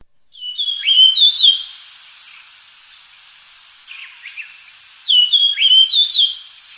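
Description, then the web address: Bird song: a bright, whistled phrase of quick up-and-down notes, given twice, with softer chirps in the pause between phrases. Recorded in Higashiosaka, Japan. "higashiosaka bird koe"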